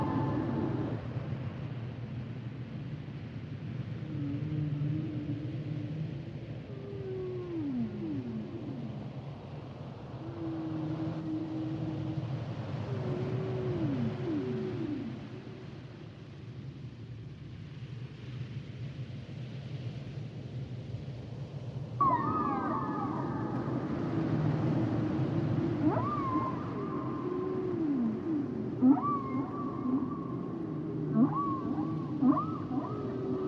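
Humpback whale song with rising and falling moans in repeated phrases, growing louder and higher after twenty seconds over a steady low rumble.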